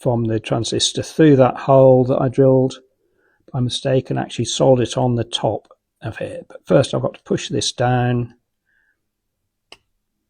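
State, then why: Seated. Someone talks while a component inside a plastic PP3 battery holder, being built into an E field detector, is pushed down into the base. After a pause, a single short, sharp click at 9.7 s marks the part seating into the hole at the bottom.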